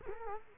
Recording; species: mosquito wingbeat signal from an infrared sensor; Culex quinquefasciatus